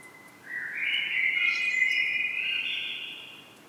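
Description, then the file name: Common blackbird call: a single drawn-out warbled phrase lasting about three seconds, held at a mid-high pitch and fading at the end, over faint background hiss. "Turdus merula"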